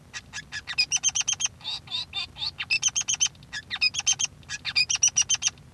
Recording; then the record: song of a male Bengalese finch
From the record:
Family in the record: son of father 3